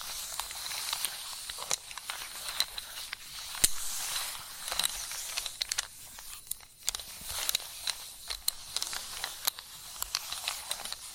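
Chalk scratches and scrapes in a dry, hissy texture that keeps coming back in uneven bursts, with a short pause near the six-second mark. Sharp taps and clicks cut through at irregular moments, a few of them louder, all bright and thin with almost no low end.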